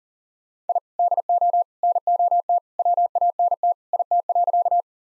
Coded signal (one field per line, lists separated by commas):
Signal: Morse code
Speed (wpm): 40 wpm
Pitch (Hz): 700 Hz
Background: none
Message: I DO NOT WANT IT.